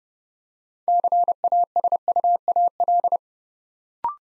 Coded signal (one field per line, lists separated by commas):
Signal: Morse code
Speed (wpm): 30 wpm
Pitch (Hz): 700 Hz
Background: none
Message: CASUAL